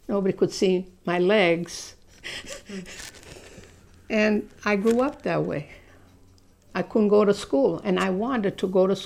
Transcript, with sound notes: Nobody could see my legs. ( she laughs ) And I grew up that way. I couldn't go to school, and I wanted to go to school.